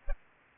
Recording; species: mosquito wingbeat signal from an infrared sensor; Culex pipiens